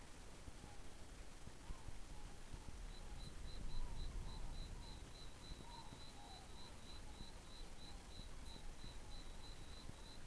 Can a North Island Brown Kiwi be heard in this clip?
no